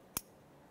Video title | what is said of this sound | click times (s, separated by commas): How to Replace Camshaft Position Sensor 2014-2018 Mazda 3 | After that audible click, a light tug confirming it's properly secured in place. | 0.2 s